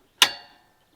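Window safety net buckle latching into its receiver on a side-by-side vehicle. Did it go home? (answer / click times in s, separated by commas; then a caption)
yes / 0.2 s. The buckle of the side window safety net on a Honda Talon 1000R Fox LiveValve side-by-side latches into its receiver. A single sharp, bright click lands at 0.2 s, followed by a short metallic ring that fades by about 0.6 s. The buckle is seated and secured.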